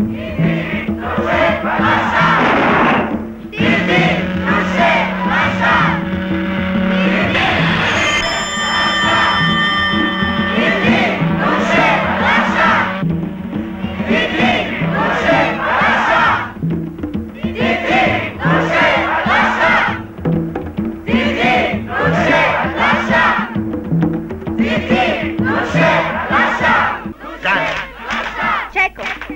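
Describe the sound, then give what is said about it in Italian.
A crowd shouts greetings and cheers in loud, rhythmic bursts, many voices calling out together in repeated rising waves, with a few sustained high-pitched yells standing out briefly. “Ma che dicono? Mi salutano.”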